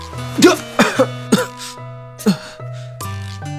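A bout of wet, harsh coughing as someone coughs up a mouthful of water, about five sharp bursts in uneven succession, heard over a steady sustained musical tone.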